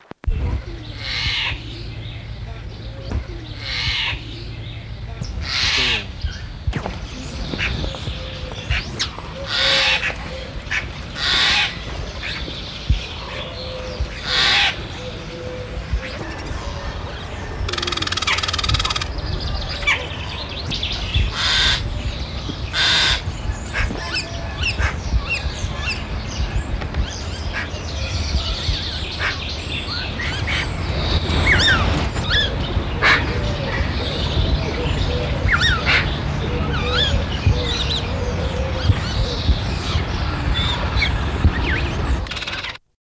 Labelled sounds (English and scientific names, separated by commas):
Black-headed Jay (Garrulus lanceolatus) call